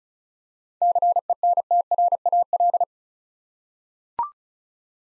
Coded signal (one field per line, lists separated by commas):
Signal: Morse code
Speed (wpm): 36 wpm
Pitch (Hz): 700 Hz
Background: none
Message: CENTRAL